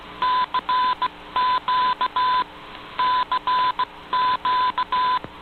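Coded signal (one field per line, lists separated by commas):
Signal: Morse code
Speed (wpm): 17 wpm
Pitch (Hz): 1000 Hz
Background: none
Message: CQ CQ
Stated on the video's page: Radio Havana Cuba on 15140 kHz shortwave with a pretty good signal, received on an Icom IC-R8600 in Toronto.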